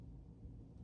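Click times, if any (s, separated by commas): none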